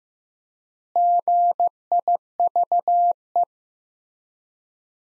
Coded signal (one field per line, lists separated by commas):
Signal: Morse code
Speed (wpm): 15 wpm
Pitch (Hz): 700 Hz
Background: none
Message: GIVE